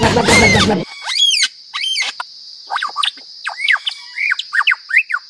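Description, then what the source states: Animal calls: a loud rough burst, then a run of short arching chirps with bright overtones, quickening toward the end, over a steady high-pitched whine. Heard at night.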